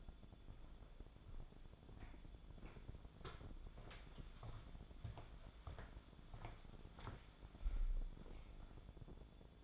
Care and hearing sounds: daily activity, microphone in the room; walk to room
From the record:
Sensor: 5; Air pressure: 1000.0 hPa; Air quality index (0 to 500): 91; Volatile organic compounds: 1 ppm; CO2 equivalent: 743 ppm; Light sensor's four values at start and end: 398/995/416/471 and 394/964/409/466

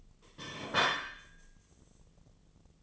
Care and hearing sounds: daily activity, microphone in the room; place plate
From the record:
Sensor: 4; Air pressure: 1010.2 hPa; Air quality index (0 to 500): 180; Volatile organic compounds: 5 ppm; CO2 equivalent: 1821 ppm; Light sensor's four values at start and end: 31/92/36/36 and 31/92/36/36

